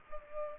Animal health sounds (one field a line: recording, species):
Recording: mosquito wingbeat signal from an infrared sensor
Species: Culex pipiens